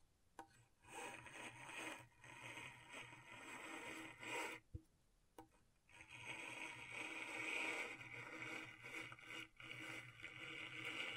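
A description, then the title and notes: Scratching on a scratchboard: a dense, gritty scraping that runs almost without break, with quick strokes blending into a rough hiss. Near the middle the scraping drops out twice for brief pauses, then returns louder and brighter through the second half. ASMR Brain Tingling Scratchboard (No Talking).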